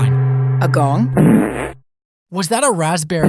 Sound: sfx: raspberry